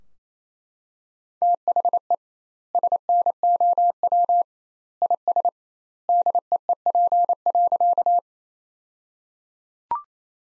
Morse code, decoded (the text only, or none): THE SNOW IS DEEP.